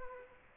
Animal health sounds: mosquito wingbeat signal from an infrared sensor; Culex quinquefasciatus

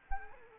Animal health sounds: mosquito wingbeat signal from an infrared sensor; Anopheles arabiensis

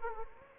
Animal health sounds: mosquito wingbeat signal from an infrared sensor; Anopheles gambiae

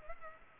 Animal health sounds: mosquito wingbeat signal from an infrared sensor; Culex pipiens

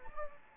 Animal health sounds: mosquito wingbeat signal from an infrared sensor; Anopheles gambiae

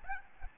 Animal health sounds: mosquito wingbeat signal from an infrared sensor; Aedes albopictus

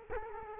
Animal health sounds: mosquito wingbeat signal from an infrared sensor; Culex quinquefasciatus

